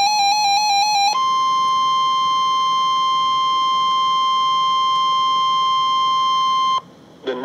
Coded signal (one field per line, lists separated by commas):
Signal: Emergency Alert System (SAME) tones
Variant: 1050 Hz attention tone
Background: music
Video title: Severe Thunderstorm Warning EAS #7